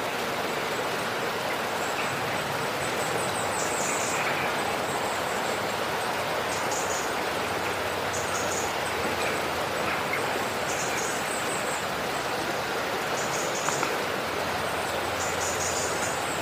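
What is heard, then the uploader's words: A river rushes in a steady, dense hiss that holds level for the whole stretch, with a low rumble beneath. Small clusters of high, thin bird chirps break through every two seconds or so, faint against the constant flow of water. Relaxing Bird Sounds - Relaxing Nature Sounds of Birds by a River.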